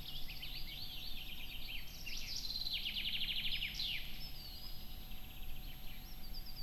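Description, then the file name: Eurasian wren: small songbird giving high, rapid trills and chattering notes over steady low background rumble. "Troglodytes troglodytes"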